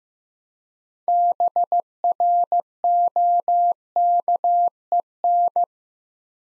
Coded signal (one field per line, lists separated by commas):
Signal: Morse code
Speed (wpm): 15 wpm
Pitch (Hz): 700 Hz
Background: none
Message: BROKEN